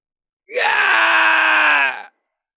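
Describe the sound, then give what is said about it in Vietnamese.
A giant blue celestial wolf lets out one long, anguished scream, loud and harsh with a brief rising onset, then holding a steady, strained pitch for over a second before cutting off sharply. No talking. “Tiếng hét lớn của con thiên lang đầy đau thương bi thảm”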